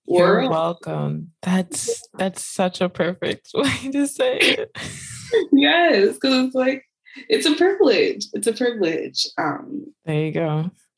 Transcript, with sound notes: “You’re welcome.” That’s such a perfect way to say it! (laughs)
Yes! Cause it’s like… It’s a privilege. It’s a privilege.
There you go.